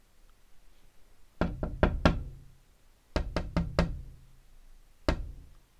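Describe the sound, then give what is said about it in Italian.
At daybreak, someone knocks on a door in three bursts: four quick raps, a pause, four more, then a single final knock. The hits are sharp and solid, with no voices. “Finalmente, sul far del giorno si svegliò perché qualcuno aveva bussato alla porta.”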